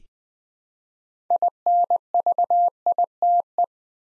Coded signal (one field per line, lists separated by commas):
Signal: Morse code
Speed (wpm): 20 wpm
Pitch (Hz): 700 Hz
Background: none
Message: INVITE